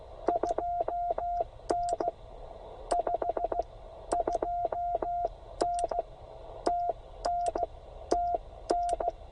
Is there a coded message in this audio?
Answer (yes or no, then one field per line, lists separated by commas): yes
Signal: Morse code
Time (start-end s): 0.3-9.1 s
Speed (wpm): 16 wpm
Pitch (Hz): 720 Hz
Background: radio noise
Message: 2N 5 2N TN TN